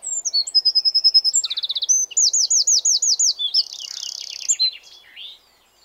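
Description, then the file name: Eurasian wren song: quick piping notes run into rolled, looping trills and a buzzy rattle, very high and energetic, fading out near the end. "Troglodytes troglodytes"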